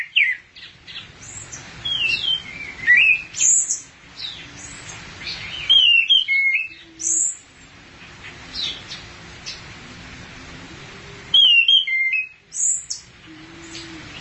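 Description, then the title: Thrush song with scattered high whistles and chirping phrases separated by quieter gaps. "burung anis x"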